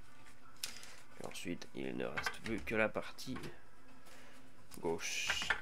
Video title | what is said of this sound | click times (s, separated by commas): [INTERNE] Nerf Alpha Strike WOLF : Et oui, un Alpha Strike, ça se démonte ! (et est personnalisable) | appuie ça clipse de partout | 0.6 s